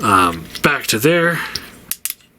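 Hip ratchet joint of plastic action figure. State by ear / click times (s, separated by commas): seated / 1.9 s, 2.0 s, 2.1 s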